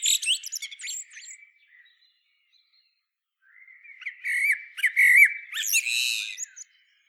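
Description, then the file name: Common blackbird song: a phrase with squeaky high twitters, a pause, then a longer fluting phrase with scratchy high notes. "Turdus merula"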